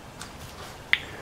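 A new metal thermostat is pressed into its housing pocket on an outboard engine. A faint tick at 0.2 s is followed by a sharp, strong click at 0.9 s as it pops into place. The thermostat is seated in the housing.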